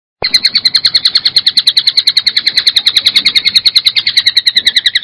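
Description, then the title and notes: Bird song: a rapid, steady series of high, sharp chirped notes, continuing evenly without pause. Indonesia. "Kumpulan Kicau Burung Indonesia"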